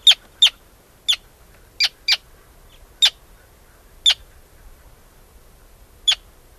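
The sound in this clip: Arctic tern giving eight short, sharp kik calls, singly or in pairs, irregularly spaced over a quiet background.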